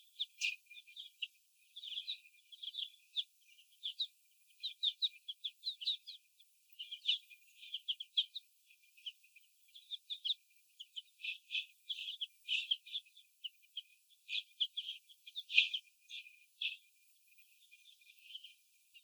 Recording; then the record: young laying hens in a cage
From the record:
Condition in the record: before the stressor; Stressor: sudden umbrella opening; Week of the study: 2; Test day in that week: 1